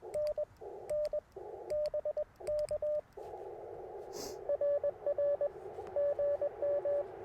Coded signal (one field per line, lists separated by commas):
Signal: Morse code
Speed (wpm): 21 wpm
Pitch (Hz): 590 Hz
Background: radio noise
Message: NN BK RR GM